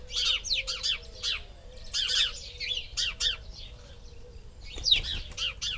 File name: Passer domesticus